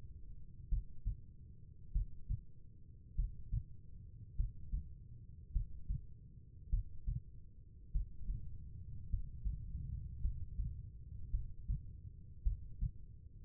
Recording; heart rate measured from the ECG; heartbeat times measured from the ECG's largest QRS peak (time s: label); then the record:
heart sounds by stethoscope; 51 bpm
0.69 s: heartbeat
1.92 s: heartbeat
3.15 s: heartbeat
4.35 s: heartbeat
5.52 s: heartbeat
6.69 s: heartbeat
7.91 s: heartbeat
9.09 s: heartbeat
10.21 s: heartbeat
11.30 s: heartbeat
12.43 s: heartbeat
From the record:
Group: healthy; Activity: Valsalva maneuver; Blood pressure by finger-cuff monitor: 100/67 mmHg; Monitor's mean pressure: 76 mmHg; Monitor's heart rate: 50 bpm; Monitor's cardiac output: 3.8 L/min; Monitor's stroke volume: 76 mL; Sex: female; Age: 36 years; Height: 163 cm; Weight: 88 kg